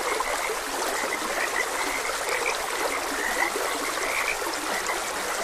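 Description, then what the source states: Frog croaks, brief and repeated at uneven intervals, sit above continuous trickling stream water. Frogs croaking beside a gentle stream.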